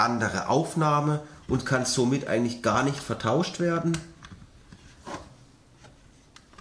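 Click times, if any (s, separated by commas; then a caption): 6.4 s. Someone talks for the first four seconds while wiring plugs are pressed back onto a new dishwasher heating pump, installed because the old pump was defective and the dishwasher would not heat (error E09); each plug has its own keyed socket. After the talking stops, faint handling noises follow as a plug is pushed in, and it clicks into its socket at 6.4 s, seated.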